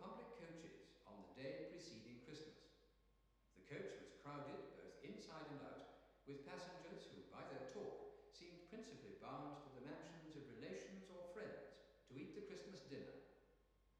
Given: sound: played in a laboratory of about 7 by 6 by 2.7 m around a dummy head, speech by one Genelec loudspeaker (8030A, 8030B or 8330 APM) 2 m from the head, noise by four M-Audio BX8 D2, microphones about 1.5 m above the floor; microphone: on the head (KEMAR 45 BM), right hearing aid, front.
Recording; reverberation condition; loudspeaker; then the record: male speech in English; high; in front (0 degrees)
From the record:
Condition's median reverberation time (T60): about 1300 ms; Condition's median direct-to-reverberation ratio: about -4.0 dB